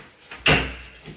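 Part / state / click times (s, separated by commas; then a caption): roman blind headrail into wall brackets / seated / 0.5 s. A roman blind headrail is pushed up into its wall mounting brackets. After a faint knock around 0.3 s, a loud, sharp click at 0.5 s rings briefly and fades. The headrail is seated in the brackets.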